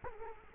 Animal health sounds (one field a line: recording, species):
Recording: mosquito wingbeat signal from an infrared sensor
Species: Culex quinquefasciatus